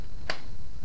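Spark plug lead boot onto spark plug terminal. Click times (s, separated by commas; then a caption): 0.3 s. The rubber boot of an ignition lead is pushed onto a spark plug terminal on an Alfa Romeo Spider S3, giving a single short, sharp click at 0.3 s over a steady low background hiss. The boot is seated on the plug.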